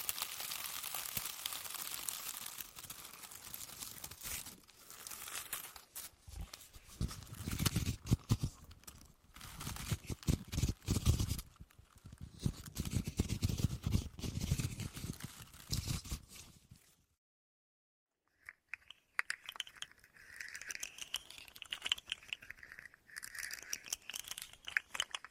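Crinkly, scratchy rubbing with dense clicking texture runs through most of the clip, swelling in gusts with deeper rumbling pulses around 7–9 and 12–16 seconds. It drops to silence near 17 seconds, then returns with sharper, brighter squeaky scratching toward the end.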